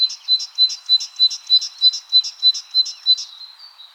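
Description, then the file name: Great tit calls, crisp high two-part notes repeated evenly about three times per second, fading out after roughly three seconds. "Parus major"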